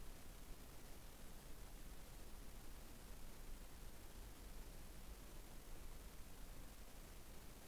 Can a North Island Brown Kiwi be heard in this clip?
no